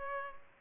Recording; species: mosquito wingbeat signal from an infrared sensor; Culex pipiens